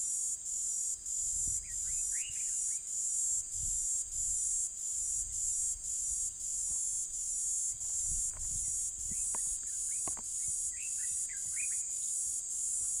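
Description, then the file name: P. divisa calling with a continuous shrill buzz broken into rapid pulses. Near Harrismith. "P divisa nr Harrismith"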